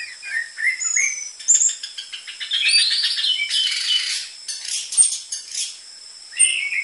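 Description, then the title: Orange-headed thrush song: varied rich phrases of sweet whistles, slurred notes and quick trills, with a steady high insect-like whine throughout. Lure recording of an actively singing bird with dense filler song material, used for tutoring young spotted caged orange-headed thrushes. "PANCINGAN Anis Merah Gacor Materi Isian Rapat Cocok Untuk MASTERAN Anis Merah TROTOL"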